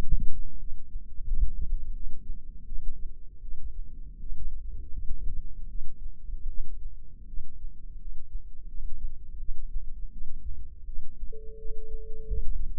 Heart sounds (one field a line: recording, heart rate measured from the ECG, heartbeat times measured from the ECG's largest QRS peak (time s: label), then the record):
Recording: heart sounds by microphone in the left ear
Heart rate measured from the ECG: 82 bpm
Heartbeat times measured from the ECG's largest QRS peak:
0.58 s: heartbeat
1.25 s: heartbeat
1.92 s: heartbeat
2.64 s: heartbeat
3.40 s: heartbeat
4.18 s: heartbeat
4.90 s: heartbeat
5.67 s: heartbeat
6.46 s: heartbeat
7.25 s: heartbeat
7.97 s: heartbeat
8.66 s: heartbeat
9.37 s: heartbeat
10.10 s: heartbeat
10.85 s: heartbeat
11.57 s: heartbeat
12.26 s: heartbeat
From the record:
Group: healthy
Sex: female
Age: 19 years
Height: 163 cm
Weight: 51 kg